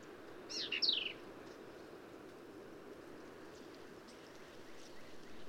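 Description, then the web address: Black-capped vireo song: a single brief, high phrase of slurred, slightly buzzy notes, followed by steady background hiss. "birdsongforthecurious Black-capped Vireo"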